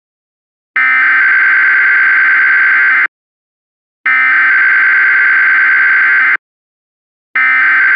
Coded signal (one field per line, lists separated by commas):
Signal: Emergency Alert System (SAME) tones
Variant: header bursts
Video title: "ATTACK OF THE TURKEYS" [INVASION EAS SCENARIO]